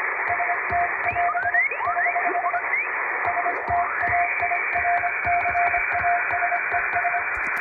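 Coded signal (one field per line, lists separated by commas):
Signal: Morse code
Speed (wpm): 25 wpm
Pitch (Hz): 700 Hz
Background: music, radio noise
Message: ST<AS><HH> STAIRCASES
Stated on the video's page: Morse sent by hand on an MK-706 electronic keyer as live receiving practice for radio operator exams.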